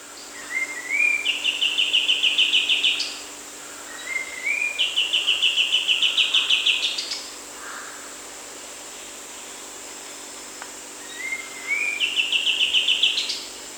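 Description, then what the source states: Grey-cheeked bulbul calling three times, each a climbing slurred phrase leading into a fast rattling trill that ends with a high upward squeal, with constant insect drone behind. Recorded at Danum on 1 April 2006.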